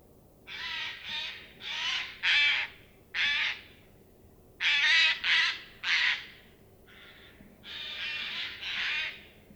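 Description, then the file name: Eurasian jay calling with many hoarse, grating screeches, some in quick pairs, with short pauses between. "Garrulus glandarius"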